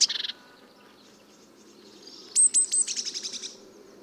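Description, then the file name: Eurasian blue tit: a short buzzy stutter opens, then after a quiet gap three sharp high notes lead into a fading, rapid churring trill. "Cyanistes caeruleus"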